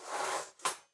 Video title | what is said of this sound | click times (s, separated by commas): 12 Vacuums in 12 Months - American May | There we go. You got to pull it out until it clicks back in like a roller blind. | 0.7 s